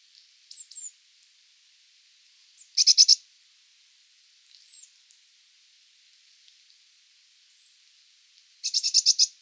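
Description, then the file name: Eurasian blue tit giving thin, high, slurred notes before and between two loud, stuttering churr rattles, one about a third of the way in and one at the end. "Cyanistes caeruleus"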